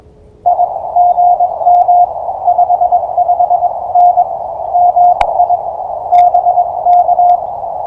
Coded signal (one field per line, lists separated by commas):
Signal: Morse code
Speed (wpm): 22 wpm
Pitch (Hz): 710 Hz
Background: radio noise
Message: I GM 55N MI BK